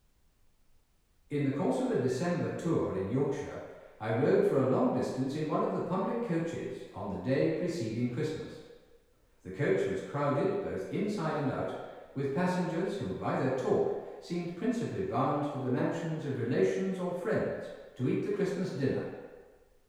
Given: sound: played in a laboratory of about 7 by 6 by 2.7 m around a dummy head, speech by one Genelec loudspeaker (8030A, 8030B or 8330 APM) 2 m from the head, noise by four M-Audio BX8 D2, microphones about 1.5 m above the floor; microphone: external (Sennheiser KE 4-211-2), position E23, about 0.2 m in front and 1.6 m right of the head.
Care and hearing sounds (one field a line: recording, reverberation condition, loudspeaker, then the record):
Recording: male speech in English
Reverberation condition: high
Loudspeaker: 30 degrees to the left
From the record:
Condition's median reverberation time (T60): about 1300 ms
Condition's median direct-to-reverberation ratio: about -4.0 dB